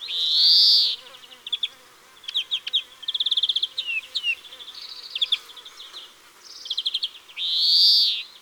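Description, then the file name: European greenfinch song: a long nasal wheeze opens and closes the phrase, with short buzzy trills and twittering notes in between. "Verdier-d Europe"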